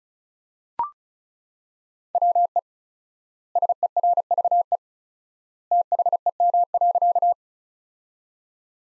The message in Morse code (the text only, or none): WE SERVE THEM.